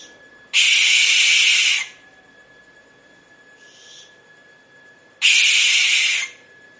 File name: canto da coruja de celeiro